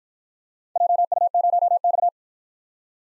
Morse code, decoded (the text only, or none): JU0X